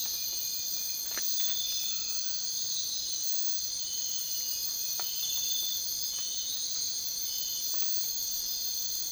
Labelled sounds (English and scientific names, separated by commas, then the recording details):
none
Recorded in dense forest near Puerto Asís, Putumayo, Colombia, on 13 March 2025 at 03:30
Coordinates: 0.500, -76.322
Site GP06